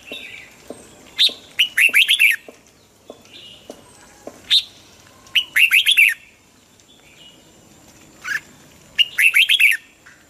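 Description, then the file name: Red-whiskered bulbul song: three repeated, rollicking warbled phrases about every four seconds, each led by sharp single notes. Hue strain red-whiskered bulbul singing in the double-voice style (giọng kép). "Tieng chao mao hue hot giong kep"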